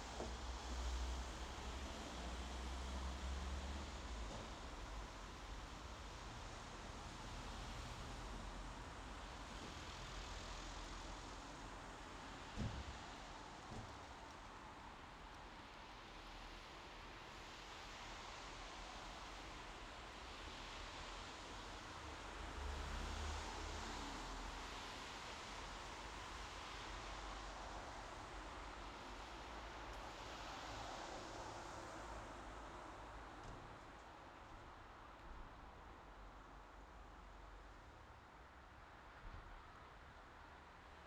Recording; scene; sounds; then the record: everyday scene through a hearing-aid microphone; in traffic; traffic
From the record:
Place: bus stop on a city main road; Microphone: in the ear canal, left